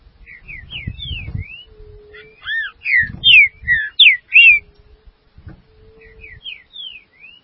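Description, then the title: Green-winged saltator song: soft opening whistles, a loud central phrase of varied slurred notes, then softer whistles again, with low thumping noise between. "Trinca Ferro"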